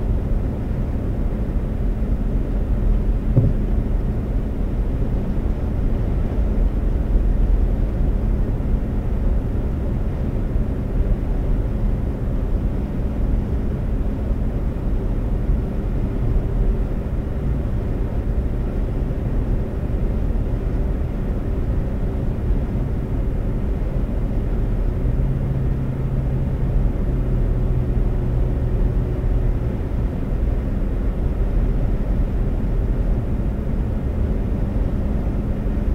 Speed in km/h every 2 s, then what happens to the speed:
130, 130, 130, 130, 130, 130, 129, 129, 130, 130, 130, 130, 130, 130, 132, 132, 132, 132.
0-36 steady at about 130.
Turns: none.